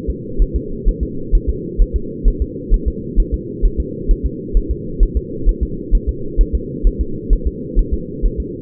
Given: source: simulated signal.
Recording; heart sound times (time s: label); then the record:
fetal heart sounds
0.10 s: S2
0.42 s: S1
0.56 s: S2
0.88 s: S1
1.03 s: S2
1.35 s: S1
1.50 s: S2
1.81 s: S1
1.96 s: S2
2.28 s: S1
2.42 s: S2
2.74 s: S1
2.88 s: S2
3.20 s: S1
3.34 s: S2
3.66 s: S1
3.80 s: S2
4.11 s: S1
4.26 s: S2
4.57 s: S1
4.71 s: S2
5.03 s: S1
5.17 s: S2
5.49 s: S1
5.63 s: S2
5.95 s: S1
6.09 s: S2
6.41 s: S1
6.55 s: S2
6.87 s: S1
7.01 s: S2
7.33 s: S1
7.47 s: S2
7.79 s: S1
7.94 s: S2
8.25 s: S1
8.40 s: S2
From the record:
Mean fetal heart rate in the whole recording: 130 bpm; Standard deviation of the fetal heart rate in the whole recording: 2 bpm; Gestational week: 38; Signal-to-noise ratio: -4.3 dB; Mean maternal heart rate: 72 bpm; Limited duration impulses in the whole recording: absent